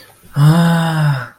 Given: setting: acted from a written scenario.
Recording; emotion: vocal sound without words; desire